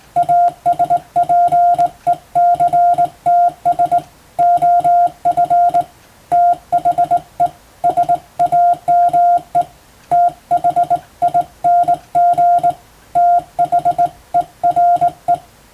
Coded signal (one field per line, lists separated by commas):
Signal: Morse code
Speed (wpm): 20 wpm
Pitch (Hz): 700 Hz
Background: none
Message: ASPECTS OF THE SAME THING THERE